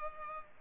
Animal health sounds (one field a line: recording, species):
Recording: mosquito wingbeat signal from an infrared sensor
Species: Culex pipiens